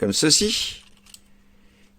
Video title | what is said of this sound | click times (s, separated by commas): (Fr) Revue Transformers Perfect Effect PE-DX10 Jetforce Revive Commander aka Optimus Prime Jetwing. | partie là qui vient se clipser ici ici là et là comme ceci | 1.1 s